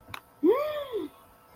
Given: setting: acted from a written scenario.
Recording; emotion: vocal sound without words; awe